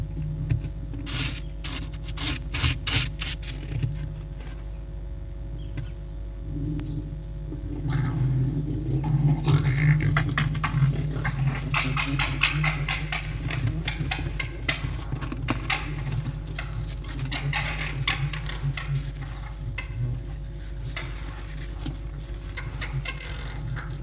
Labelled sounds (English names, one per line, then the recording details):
Red Fox
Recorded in captivity
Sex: group
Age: adult
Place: Zoologisches Institut der HUB, Berlin, DE
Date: 1956-02-23 11:30
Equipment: Elmetra
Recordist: Tembrock, Günter